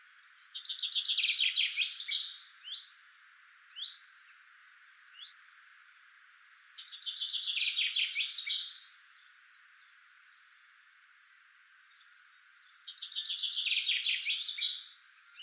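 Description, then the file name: Common chaffinch song, three full phrases of rattling descending trills ending in a flourish, roughly every six seconds, with scattered thin calls between. "Fringilla coelebs"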